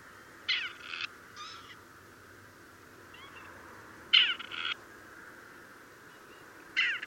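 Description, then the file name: Grey partridge giving harsh, rasping calls: a loud one near the start followed by a fainter one, then two more loud calls a few seconds apart, over steady background hiss. "Starna"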